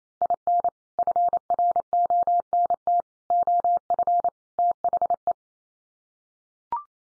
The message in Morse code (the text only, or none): IN FRONT OF THE